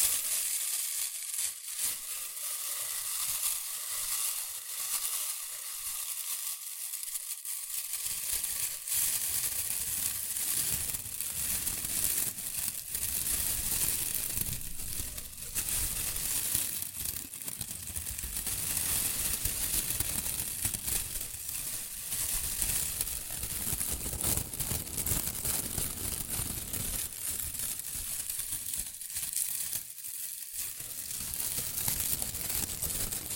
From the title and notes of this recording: ASMR Rustling and Crinkle Sounds.